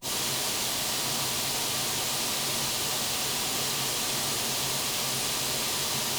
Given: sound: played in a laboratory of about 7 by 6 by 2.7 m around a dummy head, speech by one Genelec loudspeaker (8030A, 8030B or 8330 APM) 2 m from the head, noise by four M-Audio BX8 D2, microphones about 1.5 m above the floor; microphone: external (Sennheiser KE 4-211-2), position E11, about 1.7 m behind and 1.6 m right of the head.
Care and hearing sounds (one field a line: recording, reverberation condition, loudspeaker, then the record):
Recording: white noise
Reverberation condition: medium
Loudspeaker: four, about 170 cm from the corners of the room and facing them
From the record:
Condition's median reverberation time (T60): about 510 ms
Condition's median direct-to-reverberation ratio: about -0.5 dB